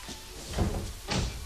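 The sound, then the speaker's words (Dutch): A door handle is worked and the door pushed open: two short, dull wooden knocks and rattles about half a second apart, over a faint steady hiss, with no voices. “Probeer eens of de deur open is.”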